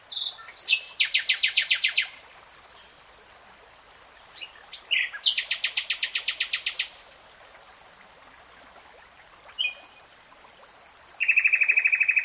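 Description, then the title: Nightingale song in several phrases, each a rapid run of repeated notes separated by pauses, ending in a sustained fast trill. Nightingale singing in real time. "[Tiếng chim hót] 3 Hours REALTIME Nightingale Singing"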